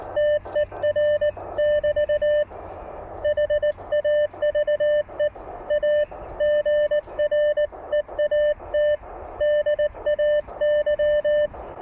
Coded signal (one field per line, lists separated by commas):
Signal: Morse code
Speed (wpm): 19 wpm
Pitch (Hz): 600 Hz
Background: radio noise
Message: TER <BT> HAVE A GREAT DAY